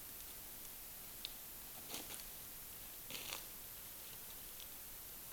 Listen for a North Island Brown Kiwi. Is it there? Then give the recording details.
no. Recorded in New Zealand on 16 June 2014. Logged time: 03:08